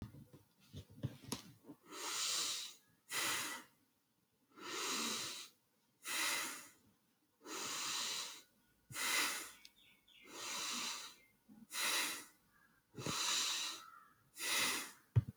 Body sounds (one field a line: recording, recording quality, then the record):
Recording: deep breathing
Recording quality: excellent, no background noise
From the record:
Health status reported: healthy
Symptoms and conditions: cold, hypertension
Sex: male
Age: 50 years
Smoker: not ticked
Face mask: not worn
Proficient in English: yes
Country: India